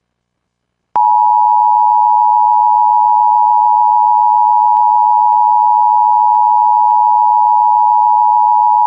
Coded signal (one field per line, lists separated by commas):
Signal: Emergency Alert System (SAME) tones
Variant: 853 and 960 Hz attention tone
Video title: MOBILE, AL SCARY EAS TORNADO WARNING FADES AWAY INTO STATIC AUGUST 29, 2021 (EAS #21)